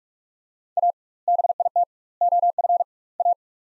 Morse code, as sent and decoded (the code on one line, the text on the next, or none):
.- / -... .. - / --- ..-. / .-
A BIT OF A